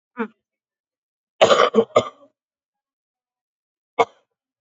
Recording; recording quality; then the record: shallow voluntary cough; excellent, no background noise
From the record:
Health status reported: COVID-19 positive, mild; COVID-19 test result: positive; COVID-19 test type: RT-PCR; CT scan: taken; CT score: 10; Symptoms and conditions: cough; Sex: male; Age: 44 years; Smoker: no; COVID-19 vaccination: none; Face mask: worn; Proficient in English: yes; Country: India